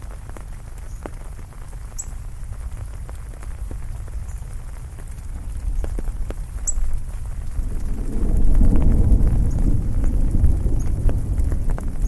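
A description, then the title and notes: Heavy rain falls as a steady, dense patter of small taps through the whole clip. Low rumbling of thunder runs underneath and swells into a louder, deeper roll from about eight seconds on. A couple of brief high chirps come through near two and seven seconds. Thunderstorm in the City Ambient ASMR. The rain is falling down heavily and the thunder is echoing in the background.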